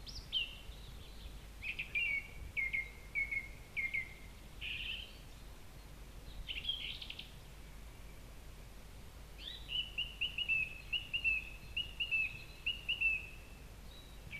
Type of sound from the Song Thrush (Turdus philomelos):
song